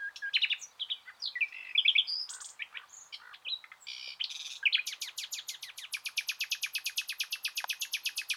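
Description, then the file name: Common nightingale song: mixed whistles and chatters, then a long even series of rapid repeated notes. "Luscinia megarhynchos"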